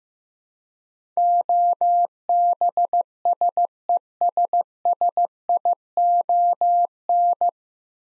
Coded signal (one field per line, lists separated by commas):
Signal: Morse code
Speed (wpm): 15 wpm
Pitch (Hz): 700 Hz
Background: none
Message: OBSESSION